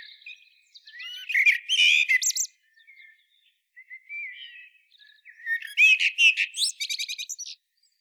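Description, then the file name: Common blackbird singing: a brief fluted phrase breaking into shrill twitters, a pause with faint low warbling, then a longer run of rapid, high chittering notes. "Turdus merula"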